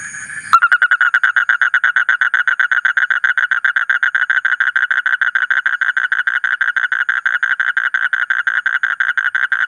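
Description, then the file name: Asian common toad launches abruptly into a long, fast trill of regular buzzy pulses that holds steady pitch to the end. "suara kodok bangkong kolong kodok buduk"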